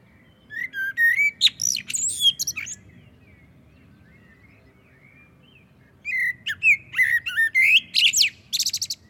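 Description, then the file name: Common blackbird singing two long phrases of varied fluted warbles and harsh high squeaks, separated by a quiet gap of about three seconds. "Turdus merula"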